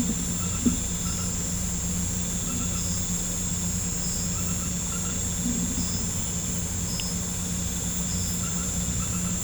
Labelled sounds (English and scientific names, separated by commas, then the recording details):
none
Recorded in pastures near Puerto Asís, Putumayo, Colombia, on 20 December 2024 at 19:30
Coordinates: 0.505, -76.324
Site G063